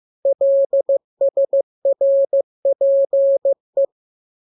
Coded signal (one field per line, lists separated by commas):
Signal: Morse code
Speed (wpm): 15 wpm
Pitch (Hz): 550 Hz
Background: none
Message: LSRPE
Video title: Learning Morse Code. Lesson 11. Letter KMURESNAPTLW